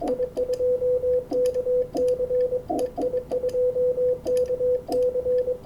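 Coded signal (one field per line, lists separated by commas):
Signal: Morse code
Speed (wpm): 24 wpm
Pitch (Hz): 500 Hz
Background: radio noise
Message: I2KC EI2KC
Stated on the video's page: Amateur CW contacts on 20 metres.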